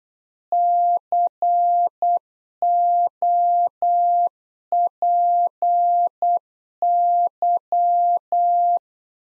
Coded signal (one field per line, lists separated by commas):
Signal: Morse code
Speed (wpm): 8 wpm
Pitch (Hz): 700 Hz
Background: none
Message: COPY